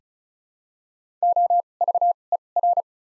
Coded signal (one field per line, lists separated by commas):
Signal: Morse code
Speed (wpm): 36 wpm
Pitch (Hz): 700 Hz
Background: none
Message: O V E R